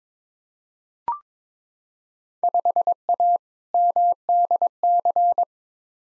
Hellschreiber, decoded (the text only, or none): none